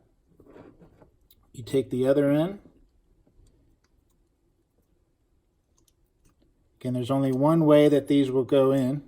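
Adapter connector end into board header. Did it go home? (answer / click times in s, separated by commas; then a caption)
no / none. Someone talks while taking the other end of an adapter cable and lining up its keyed plastic connector, which fits only one way, with a driver board header, with a few faint handling clicks between the words. The connector is only lined up for insertion and has not been pushed in or clicked into place yet.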